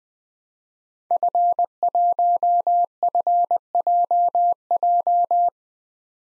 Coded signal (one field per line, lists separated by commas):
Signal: Morse code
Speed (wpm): 20 wpm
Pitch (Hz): 700 Hz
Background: none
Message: F1FJJ